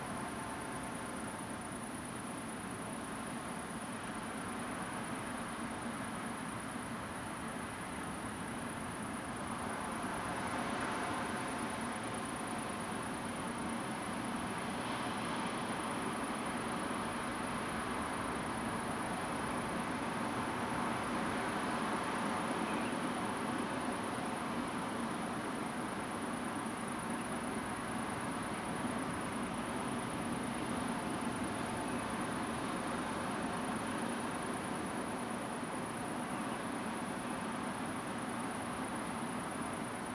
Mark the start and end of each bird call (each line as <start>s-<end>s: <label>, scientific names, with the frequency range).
22.67s-22.90s: Charadrius hiaticula (2.3-3.0 kHz)
36.31s-36.55s: Charadrius hiaticula (2.5-3.1 kHz)